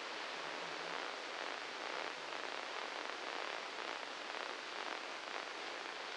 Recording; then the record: brain microelectrode recording played as sound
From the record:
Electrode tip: inside the subthalamic nucleus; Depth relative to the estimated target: -1 mm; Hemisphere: left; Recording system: NeuroSet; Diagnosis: Parkinson's disease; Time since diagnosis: 7 years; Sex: male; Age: 44 years